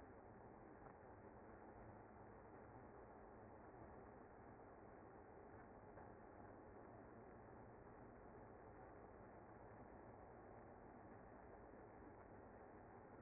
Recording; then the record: honeybee colony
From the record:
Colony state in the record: active